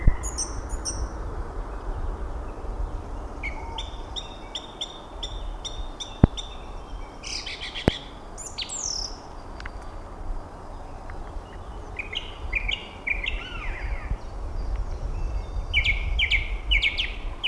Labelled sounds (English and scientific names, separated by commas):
Song Thrush (Turdus philomelos) song